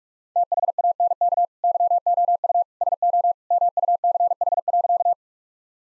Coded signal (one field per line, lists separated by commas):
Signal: Morse code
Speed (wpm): 44 wpm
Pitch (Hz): 700 Hz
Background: none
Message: THANK YOU SO MUCH.